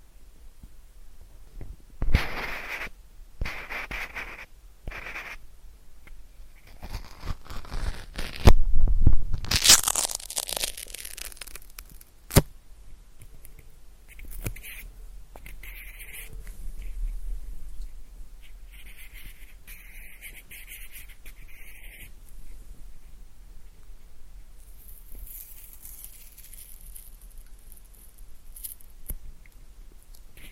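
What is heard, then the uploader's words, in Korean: Mouth sounds played into a pin microphone: bursts of wet clicking and smacking in the first seconds, then a loud scratchy rubbing against the mic around nine to eleven seconds and one sharp pop near twelve. After that, softer, steadier crackling mouth noises continue. 입소리폭탄 핀마이크 괴롭히기.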